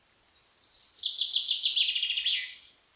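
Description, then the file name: Common chaffinch song: a bright series of trilled notes falling in pitch, lasting about two seconds, over a quiet background. "pinsondesarbres"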